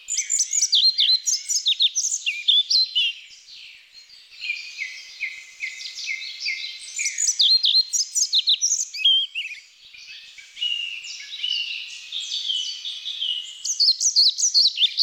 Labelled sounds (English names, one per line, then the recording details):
European Pied Flycatcher song
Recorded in the wild
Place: Waltershofen / Freiburg im Breisgau, Baden-Württemberg, DE
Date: 1996-05-01
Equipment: Dat-Recorder Casio DA 7, Telinga DAT, Telinga-Parabolspiegel
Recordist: Schwarz, Dieter
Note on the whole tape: Song